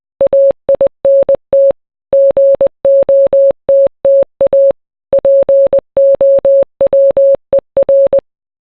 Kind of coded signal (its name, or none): Morse code